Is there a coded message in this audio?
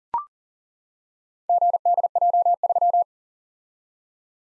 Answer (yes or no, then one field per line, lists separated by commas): yes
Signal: Morse code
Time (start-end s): 1.5-3.0 s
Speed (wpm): 39 wpm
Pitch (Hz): 700 Hz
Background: none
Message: GDJ3